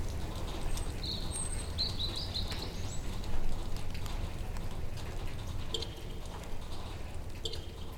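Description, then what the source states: Bird song of high whistled notes and short warbles in the first three seconds, then a few faint chirps, with steady low background rumble. Bird at night in Sergiyev Posad on 21 April 2012.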